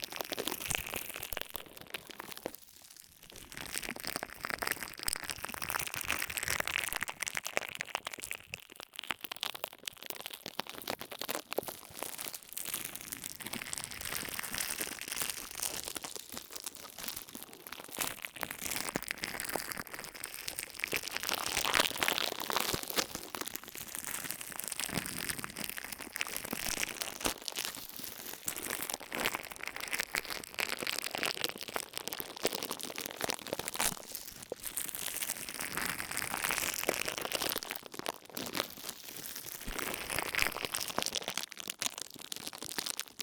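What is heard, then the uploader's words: Ear massage sounds: continuous dense crinkling and rubbing, bright and scratchy, with brief pauses around 3, 9 and 42 seconds. ASMR 10 Ear Massages for Sleep (No Talking).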